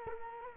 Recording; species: mosquito wingbeat signal from an infrared sensor; Culex quinquefasciatus